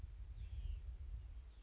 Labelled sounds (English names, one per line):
Hutton's Vireo